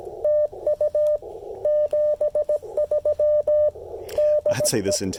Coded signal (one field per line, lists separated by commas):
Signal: Morse code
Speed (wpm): 18 wpm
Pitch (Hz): 600 Hz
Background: speech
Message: TU 73 DE